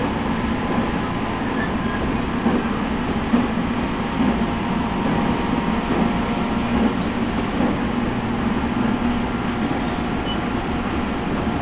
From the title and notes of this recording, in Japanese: 東海道本線 浜松→豊橋。6:20発の豊橋行きに乗車して。ホームで列車がくるのを待ちながら乗りこむ。